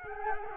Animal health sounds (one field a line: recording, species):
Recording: mosquito wingbeat signal from an infrared sensor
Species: Culex quinquefasciatus